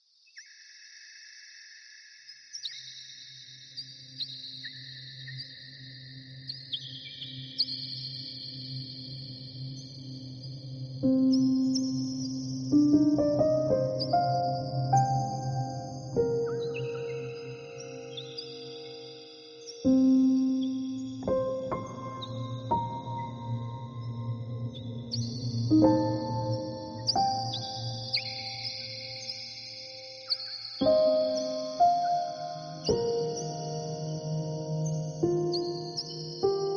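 Soft, sustained tones make up slow music, with a low steady drone and ringing bowl-like notes that bloom and fade every few seconds from about eleven seconds on. Bright, shimmering high tones shift gently above, like chirping insects or birds.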